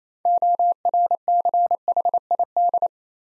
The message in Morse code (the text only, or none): ORCHID